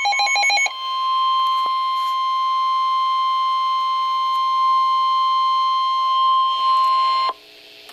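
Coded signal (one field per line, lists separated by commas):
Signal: Emergency Alert System (SAME) tones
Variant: 1050 Hz attention tone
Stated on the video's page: Winter storm warning update on NOAA Weather Radio station KEC83, Baltimore, 162.400 MHz.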